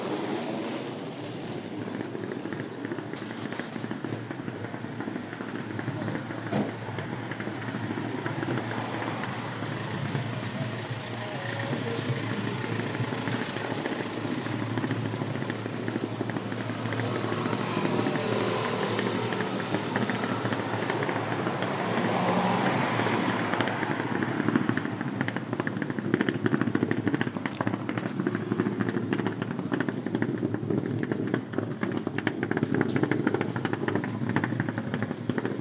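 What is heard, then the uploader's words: Suitcase wheels rattle steadily along a street, a dense, gritty rolling sound that barely lets up for the whole stretch. It grows a little louder and brighter in the second half, with sharper clicks and bumps, while low traffic hum fills the background. I passed a couple getting out of a taxi and wheeling their suitcases along the street.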